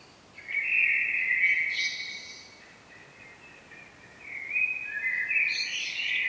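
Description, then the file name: Common blackbird song: a warbled phrase, a short lull, then a second phrase rising higher toward the end. "Turdus merula"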